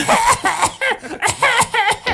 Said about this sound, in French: J'ai entendu quelqu'un tousser de très, très, très loin dans le studio.